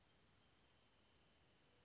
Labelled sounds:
Wrentit

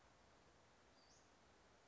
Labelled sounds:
Western Flycatcher

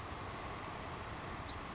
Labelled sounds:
Savannah Sparrow

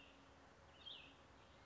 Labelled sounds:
Cassin's Vireo

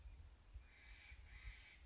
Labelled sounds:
Steller's Jay

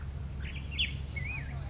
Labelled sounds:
Black-headed Grosbeak

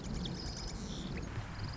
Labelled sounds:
Marsh Wren

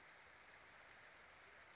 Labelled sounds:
Western Flycatcher

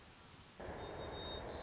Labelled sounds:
White-crowned Sparrow

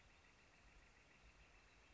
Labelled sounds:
Northern Flicker

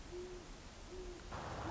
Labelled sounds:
Great Horned Owl

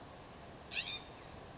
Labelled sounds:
California Scrub-Jay

